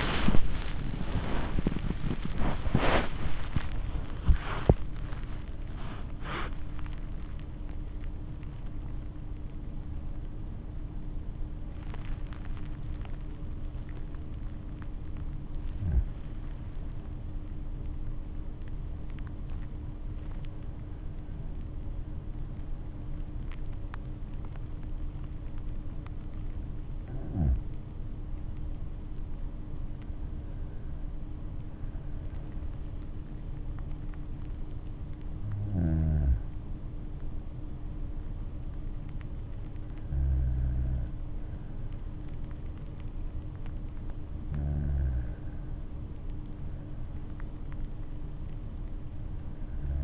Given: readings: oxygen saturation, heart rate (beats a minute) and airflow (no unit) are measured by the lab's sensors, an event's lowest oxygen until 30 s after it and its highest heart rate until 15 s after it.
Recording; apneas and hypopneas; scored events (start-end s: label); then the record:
breathing in sleep by a smartphone at the bedside; 1
11.00-32.80 s: hypopnea (N1, oxygen 98% highest, then 94% lowest)
23.00-50.04 s: new sleep stage, N2 (light sleep)
From the record:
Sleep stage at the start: N1 (lightest sleep); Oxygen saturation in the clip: 95 to 98%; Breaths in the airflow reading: 10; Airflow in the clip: -8.4 to 13.8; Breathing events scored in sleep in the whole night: 228 in 5.4 hours asleep